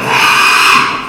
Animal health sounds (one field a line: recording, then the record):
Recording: squeal of a Yucatan mini pig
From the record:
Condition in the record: after surgery on the right vocal fold (resection and tissue-engineered implant)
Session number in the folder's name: 1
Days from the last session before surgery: 6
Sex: male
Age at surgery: 12 weeks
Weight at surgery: 13 kg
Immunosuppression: cyclosporine, prednisolone